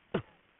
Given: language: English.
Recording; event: throat vibration sensor signal played as sound; cough